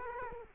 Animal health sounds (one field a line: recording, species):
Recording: mosquito wingbeat signal from an infrared sensor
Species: Culex quinquefasciatus